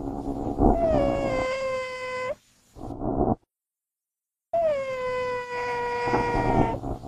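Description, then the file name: Common genet uttering two long, moaning wails that dip then hold steady, separated by a brief breathy sound and a pause. "El sonido de la gineta"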